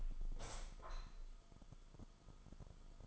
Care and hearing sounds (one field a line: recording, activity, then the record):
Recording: daily activity, microphone in the room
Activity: open window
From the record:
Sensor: 5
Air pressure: 1004.8 hPa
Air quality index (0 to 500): 84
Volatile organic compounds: 2 ppm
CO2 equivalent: 1006 ppm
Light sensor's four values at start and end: 34/79/32/31 and 34/79/32/31